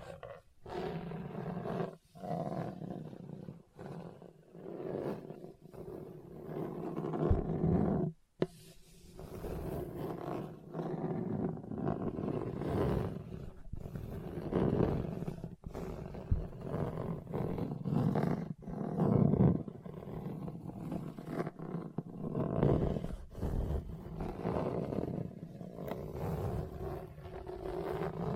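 Hard, bumpy surface scratching with continuous low, gritty rasping in uneven strokes, broken by brief gaps and sharp knocks around eight and fifteen seconds.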